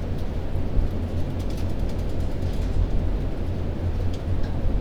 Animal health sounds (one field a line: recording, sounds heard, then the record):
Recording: poultry house recording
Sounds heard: no chicken sound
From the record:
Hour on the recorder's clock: 22